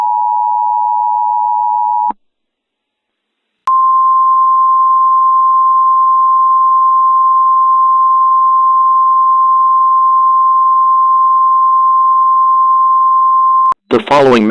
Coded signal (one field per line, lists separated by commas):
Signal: Emergency Alert System (SAME) tones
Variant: 853 and 960 Hz attention tone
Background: speech